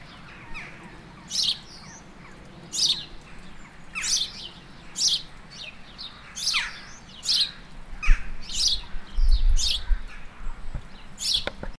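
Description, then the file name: House sparrow chirping, loud broad chirps repeated roughly once a second, with low rumbling background noise. "Passer domesticus"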